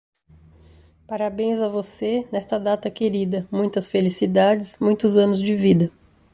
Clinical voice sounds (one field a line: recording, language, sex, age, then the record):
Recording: short text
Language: Brazilian Portuguese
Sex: female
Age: 40 to 49 years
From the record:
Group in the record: control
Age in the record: 45 years